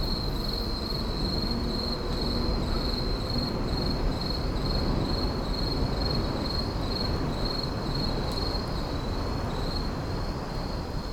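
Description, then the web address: Insects in a night chorus, a high steady trill pulsing in regular beats throughout, over a constant low rumble. Night insect chorus in an urban park. "boom library Urban and Suburban Urban park night insects"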